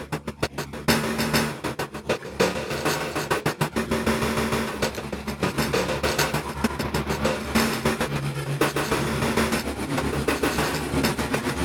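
Manipulated tamping sounds are layered and rhythmicized into a dense, fast pulse of sharp knocks that runs for the whole stretch. Steady low tones hum beneath, with a few brief pitched notes shifting around. The busy clatter has a mechanical, rail-like feel.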